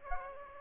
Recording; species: mosquito wingbeat signal from an infrared sensor; Aedes aegypti